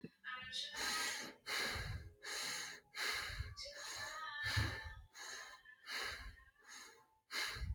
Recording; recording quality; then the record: shallow breathing; moderate, slight background noise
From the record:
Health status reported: healthy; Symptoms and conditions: none ticked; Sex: male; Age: 37 years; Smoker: not ticked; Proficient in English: yes